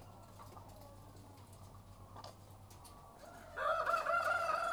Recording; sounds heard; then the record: poultry house recording; sick chickens (respiratory disease)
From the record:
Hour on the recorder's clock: 13